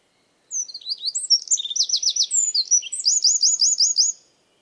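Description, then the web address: Bird delivering a high-pitched, fast sequence of sharp slurred notes and short rattling trills, ending after roughly four seconds. "cianscape birddata 2025"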